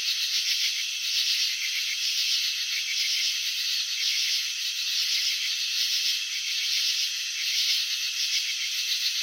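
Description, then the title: Crickets producing a steady high chorus with rhythmic pulse groups recurring a little more than once a second throughout. Crickets chirping, presented in a slow-motion video showing wing vibrations and antenna movements. "Crickets in Slow Motion 📷. Capturing the Elegance of Chirping"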